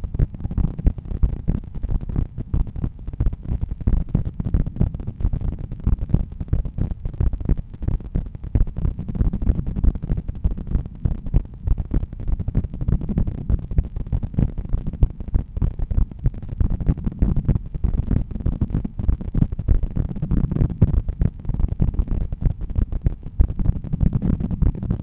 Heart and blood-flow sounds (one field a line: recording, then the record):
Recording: heart sounds by stethoscope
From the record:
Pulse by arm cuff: 92 bpm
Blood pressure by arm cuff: 119/79 mmHg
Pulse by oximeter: 92 bpm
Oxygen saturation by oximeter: 97%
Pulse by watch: 94 bpm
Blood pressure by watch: 117/78 mmHg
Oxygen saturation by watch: 95%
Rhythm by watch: sinus rhythm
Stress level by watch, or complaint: medium stress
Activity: after lunch and office activities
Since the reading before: plus 5500 steps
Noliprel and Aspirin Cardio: no pills today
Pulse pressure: 40 mmHg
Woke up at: 7:00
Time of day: 14:03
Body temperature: 36.3 C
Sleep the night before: 8 h 5 min, score 54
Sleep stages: REM 28%, light 57%, deep 5%, awake 10%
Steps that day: 9800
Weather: cloudy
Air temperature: 19.3 C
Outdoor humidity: 74%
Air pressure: 1012 hPa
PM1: 30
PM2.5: 42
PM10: 54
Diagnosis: hypertension, treated with Noliprel and Aspirin Cardio 100 mg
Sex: male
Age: 53 years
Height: 174 cm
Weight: 81 kg